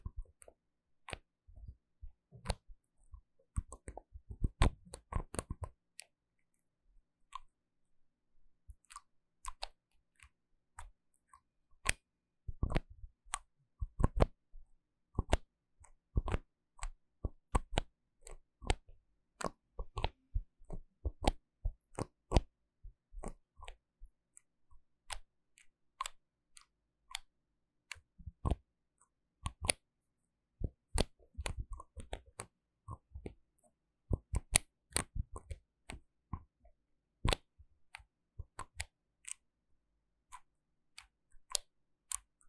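Bottles and jars are handled, with bottle caps clicking and tapping in a quick, irregular stream of sharp little knocks. Busier, rustling stretches come at the start and again around the half-minute mark, with a soft low scraping beneath the clicks.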